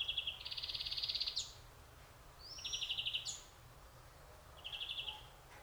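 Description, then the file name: European greenfinch producing three pulsed, rattling trills separated by pauses, the first the longest. "Chloris chloris"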